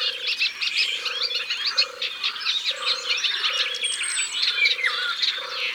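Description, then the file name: European turtle dove purring song, low rolling purrs repeated about every second, over a dense chorus of chirping birds. Recorded by the water. "Tourterelle des bois Au bord de leau"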